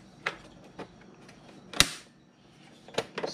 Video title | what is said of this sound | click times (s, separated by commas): 99-02 Chevy and GMC Backlighting FIXED!! I should have done this sooner. | so I'll just replace my little cover yeah snaps into place and | 0.3 s, 1.8 s